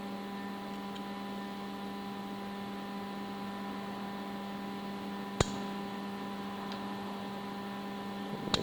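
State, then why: Seated. Small plastic retaining clips are pressed into fender or body holes during front fender work on a JL Wrangler and JT Gladiator. Over a steady electrical hum, two sharp clicks ring out at 5.4 s and 8.5 s as the clips pop into place. Both clips are seated.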